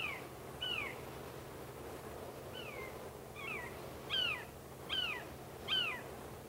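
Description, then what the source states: Eurasian sparrowhawk giving a series of sharp, descending whistled calls, irregularly spaced, becoming louder toward the end against a faint constant hum. Recorded in Uzbekistan.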